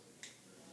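A folding knife is opened again and the blade lock in the handle engages with a small, faint snap at 0.2 s, a short bright click over a quiet background. The lock is seated.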